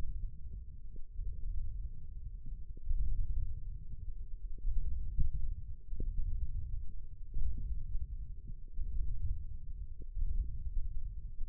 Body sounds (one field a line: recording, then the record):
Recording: forearm muscle sounds (acoustic myography)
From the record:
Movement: ulnar deviation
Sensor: system 1, eight BSWA MPA416 microphones around the upper forearm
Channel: 2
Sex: male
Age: 20 years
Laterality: left